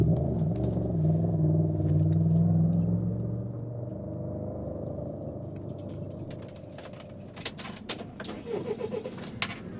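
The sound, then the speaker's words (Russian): A young woman starts a van: the engine turns over and settles into a low, droning rumble, then the tone shifts as the van pulls away, with light metallic jangling and clicks near the end. “Девушка завела фургон и тронулась с места.”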